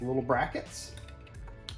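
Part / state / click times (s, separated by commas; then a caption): paint cup adapter into spray gun bracket / seated / 1.7 s. A threaded 3M PPS 2.0 cup adapter is pushed down and turned clockwise into the small brackets on a Wise Owl Paint Stingray Apollo HVLP spray gun while someone talks. A few faint ticks come before a sharp click at 1.7 s, and the adapter is locked into place.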